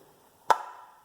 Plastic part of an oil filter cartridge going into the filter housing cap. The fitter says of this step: this plastic part goes down in first it just pops right in except